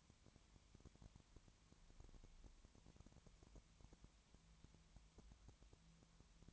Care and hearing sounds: daily activity, microphone in the room; no activity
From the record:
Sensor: 3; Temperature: 20.5 degrees Celsius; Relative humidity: 32.9%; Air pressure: 1003.2 hPa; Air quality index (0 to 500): 105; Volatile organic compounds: 2 ppm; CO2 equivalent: 1071 ppm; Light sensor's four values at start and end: 2/3/2/2 and 2/3/2/2

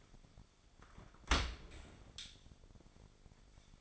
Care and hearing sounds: daily activity, microphone in the room; open dishwasher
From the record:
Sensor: 5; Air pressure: 1006.9 hPa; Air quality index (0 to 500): 182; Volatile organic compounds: 5 ppm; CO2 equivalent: 1737 ppm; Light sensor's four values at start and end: 54/150/59/59 and 52/143/56/56

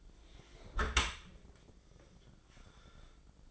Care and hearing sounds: daily activity, microphone in the room; close dishwasher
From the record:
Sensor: 5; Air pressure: 1012.4 hPa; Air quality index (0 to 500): 156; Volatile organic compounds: 2 ppm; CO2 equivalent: 1062 ppm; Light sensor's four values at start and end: 110/263/112/126 and 108/260/110/124

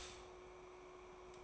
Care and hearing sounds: daily activity, microphone in the room; stop toaster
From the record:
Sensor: 1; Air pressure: 1004.2 hPa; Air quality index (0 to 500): 201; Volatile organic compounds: 19 ppm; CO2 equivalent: 2654 ppm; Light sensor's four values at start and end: 5/13/4/5 and 5/13/4/5

